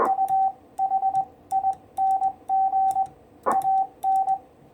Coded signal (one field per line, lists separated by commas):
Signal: Morse code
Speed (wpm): 20 wpm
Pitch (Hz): 770 Hz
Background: none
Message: UHING AN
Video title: 6' High 40m EFHW Real World SHTF Antenna - 2nd Contact Attempt